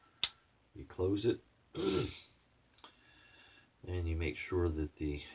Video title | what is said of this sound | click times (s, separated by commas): Shave Video # 314 Vintage 7 O'Clock Safety Razor by Autostrop & Vintage Williams Shaving Cream | you pop these uh these things that roll down and snap in place there | 0.2 s